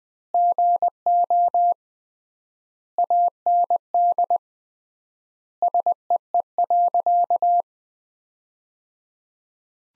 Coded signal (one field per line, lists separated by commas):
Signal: Morse code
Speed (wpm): 20 wpm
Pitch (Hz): 700 Hz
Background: none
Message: GO AND SEE.